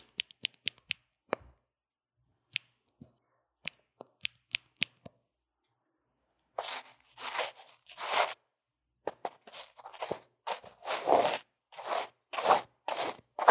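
Lo-fi earphone-mic recording of drawing and makeup. The first five seconds hold sparse, sharp ticks and taps with silence between. From about six and a half seconds, denser bursts of scratchy, rasping strokes come in irregular clusters, some longer and louder, until the end.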